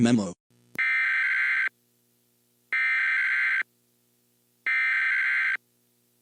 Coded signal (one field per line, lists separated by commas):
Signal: Emergency Alert System (SAME) tones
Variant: header bursts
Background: speech